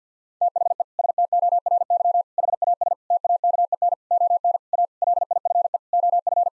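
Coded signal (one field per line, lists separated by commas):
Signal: Morse code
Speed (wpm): 50 wpm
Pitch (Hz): 700 Hz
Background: none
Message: THE STORY HAS TAKEN ON A LIFE OF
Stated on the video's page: Morse practice at 50 wpm: sentences of common seven-word phrases for head-copy drill.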